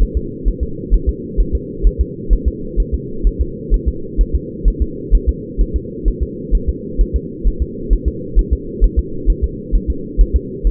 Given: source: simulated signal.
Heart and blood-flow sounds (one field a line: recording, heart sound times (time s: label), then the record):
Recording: fetal heart sounds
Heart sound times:
0.02 s: S1
0.17 s: S2
0.48 s: S1
0.63 s: S2
0.94 s: S1
1.09 s: S2
1.40 s: S1
1.55 s: S2
1.87 s: S1
2.01 s: S2
2.33 s: S1
2.48 s: S2
2.80 s: S1
2.94 s: S2
3.27 s: S1
3.41 s: S2
3.74 s: S1
3.88 s: S2
4.21 s: S1
4.35 s: S2
4.68 s: S1
4.82 s: S2
5.15 s: S1
5.29 s: S2
5.61 s: S1
5.76 s: S2
6.08 s: S1
6.23 s: S2
6.55 s: S1
6.69 s: S2
7.01 s: S1
7.16 s: S2
7.47 s: S1
7.62 s: S2
7.93 s: S1
8.08 s: S2
8.39 s: S1
8.53 s: S2
8.84 s: S1
8.99 s: S2
9.30 s: S1
9.44 s: S2
9.75 s: S1
9.90 s: S2
10.21 s: S1
10.36 s: S2
10.67 s: S1
From the record:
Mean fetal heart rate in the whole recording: 130 bpm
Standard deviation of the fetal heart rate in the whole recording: 2 bpm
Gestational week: 36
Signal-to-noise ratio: -4.3 dB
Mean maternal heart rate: 72 bpm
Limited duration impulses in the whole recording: absent